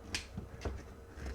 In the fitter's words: 往里折之前，你先把它夹平了，然后把这里卡到位，卡到位以后再松开，